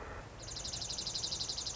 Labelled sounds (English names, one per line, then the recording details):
Dark-eyed Junco
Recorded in Sonoma County, California